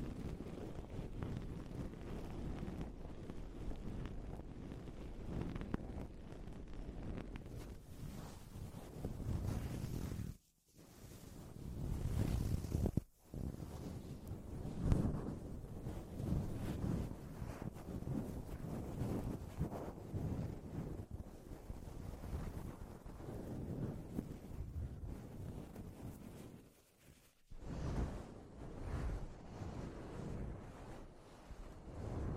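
A microphone is slowly grabbed, producing steady low rumbling and rustling, broken by brief drops to near silence around ten, thirteen and twenty-seven seconds.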